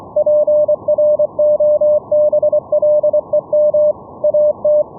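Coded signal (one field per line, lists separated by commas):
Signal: Morse code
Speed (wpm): 25 wpm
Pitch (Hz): 600 Hz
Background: none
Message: PROBLEM AT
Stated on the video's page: Live demo of a VLF CW net: operators send CW from keying software at 1–20 kHz to a Raspberry Pi server that relays it via pickup coils.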